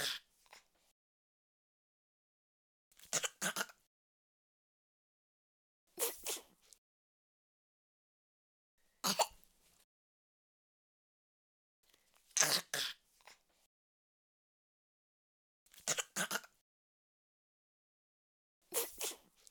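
Seven separate harsh coughs from an adult, each a short double burst, spaced about three seconds apart with silence between.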